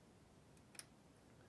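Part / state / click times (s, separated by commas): locking flap of the LCD ribbon cable connector on a resin 3D printer board / seated / 0.8 s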